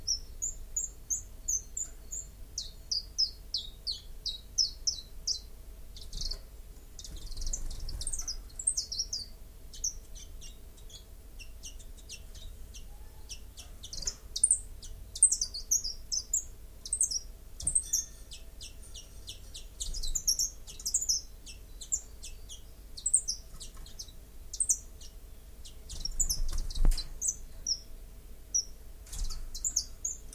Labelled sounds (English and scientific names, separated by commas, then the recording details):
Common Chiffchaff (Phylloscopus collybita) song
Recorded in captivity
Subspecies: collybita
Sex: male
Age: adult
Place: Zoologisches Institut Universität Tübingen, Baden-Württemberg, DE
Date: 1963-03-28
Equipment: LGS26
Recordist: Schneider, Hans-Joachim
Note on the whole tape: Gesänge von einem Männchen